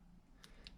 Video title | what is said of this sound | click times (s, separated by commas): How to install the SRAM Eagle XX1/X01 B Bolt Kit on the Eagle NX and GX Derailleur to Fix Play | and click it just snaps right in | 0.4 s, 0.7 s